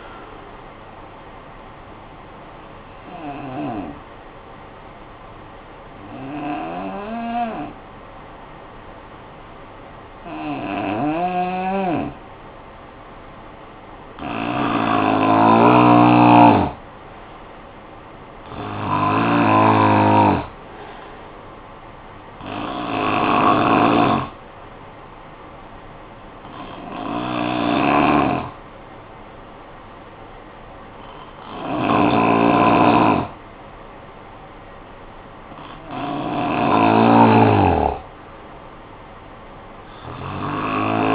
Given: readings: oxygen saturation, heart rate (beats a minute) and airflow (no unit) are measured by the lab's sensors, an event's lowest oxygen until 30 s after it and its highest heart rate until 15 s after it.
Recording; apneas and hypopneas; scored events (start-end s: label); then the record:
breathing in sleep by a voice recorder at the bedside; 2
4.00-16.30 s: hypopnea (N3, oxygen 93% highest, then 89% lowest, heart rate 52 at the start, 57 highest)
24.00-36.30 s: hypopnea (N3, oxygen 92% highest, then 90% lowest, heart rate 57 at the start, 57 highest)
36.00-41.15 s: new sleep stage, N2 (light sleep)
From the record:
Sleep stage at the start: N3 (deep sleep); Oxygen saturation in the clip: 87 to 94%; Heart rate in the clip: 52 to 63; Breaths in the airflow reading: 9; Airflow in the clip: -9.9 to 7.0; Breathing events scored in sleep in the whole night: 445 in 7.6 hours asleep